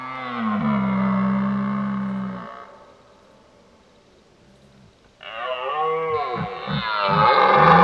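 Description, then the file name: Red deer stag bellowing: a long, low, droning roar, a few seconds of near silence, then a loud, wavering series of grunting roars. Old stag roaring during the rut (burlen). "Burlen 03 oud hert"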